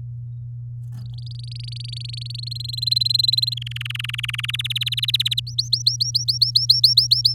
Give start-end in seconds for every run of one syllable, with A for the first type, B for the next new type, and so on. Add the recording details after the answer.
1.06-2.53 A, 2.55-3.54 B, 3.57-4.62 C, 4.64-5.40 D, 5.47-7.34 E. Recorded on 7 May 2018 at 13:41. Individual llb16